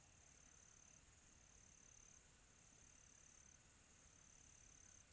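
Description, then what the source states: Cricket producing a steady high trill, joined partway by a sharper, faster pulsing insect layer above it, against quiet night hiss. Quiet tropical night.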